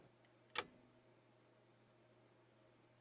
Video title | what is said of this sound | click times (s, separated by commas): How to Remove the Front Axle Dodge Ram 1500 and Grease the CV Joint | you'll hear it lock into place and you can give it a pull test to ensure it is properly seated | 0.6 s